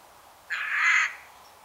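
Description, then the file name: Eurasian Jay giving a single harsh, raspy screech lasting about half a second, loud and noisy against a quiet background. "Garrulus glandarius"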